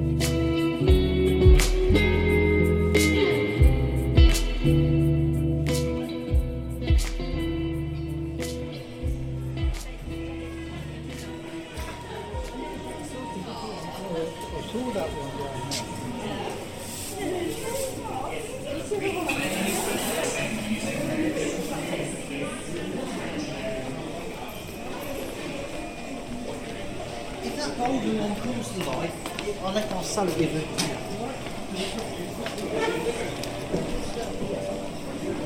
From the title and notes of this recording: Coventry Market: Monday morning for traders and customers. In this soundscape, we slip inside to visit on an ordinary Monday morning in January. As we weave our way around the building for a full 360 tour, we enjoy listening in to the locals and traders’ passing exchanges and purchases. The recordings were captured using a binaural microphone between January and April 2022.